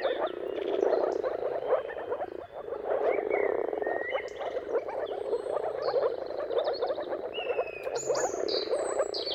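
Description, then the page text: Moor frogs give a continuous bubbling mating chorus, with a short dip early on and scattered high bird chirps and whistles throughout. Chorus of moor frogs giving mating calls at sunrise, at the turn of March and April, timing depending on the weather; described as a dawn chorus spectacle; recorded by Jakub Orzecki. "Dawn’s Chorus: Mating Calls of Marsh Frogs at Sunrise. Depending on the weather at the turn of March and April, you can witness an amazing spectacle of moor frogs. Jakub Orzecki. earth.fm"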